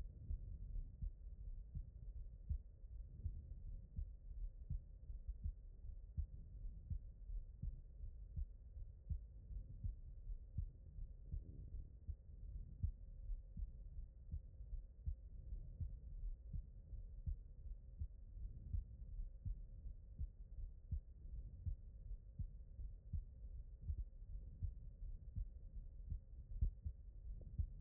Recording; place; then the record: heart sounds by stethoscope; aortic valve (AV)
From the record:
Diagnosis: non-HFrEF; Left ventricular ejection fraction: 56%